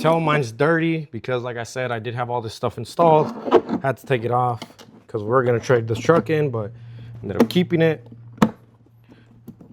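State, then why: Seated. Someone talks while fitting a dirty, previously installed cold air intake filter on a 2021-or-later Powerboost/Ecoboost truck. The filter is pressed into its intake housing and snaps in with one sharp click at 8.4 s, followed by a few faint knocks. The filter is seated.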